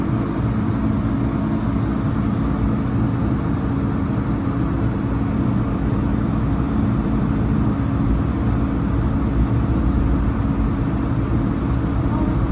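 Aircraft engines drone steadily throughout, a dense, unbroken roar weighted toward the low end with a softer hiss above. The level holds even from start to finish, with no voices, announcements or distinct events rising out of the noise.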